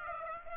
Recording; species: mosquito wingbeat signal from an infrared sensor; Aedes aegypti